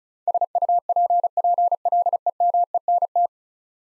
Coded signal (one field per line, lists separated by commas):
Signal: Morse code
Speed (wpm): 36 wpm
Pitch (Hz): 700 Hz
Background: none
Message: SUPPLEMENT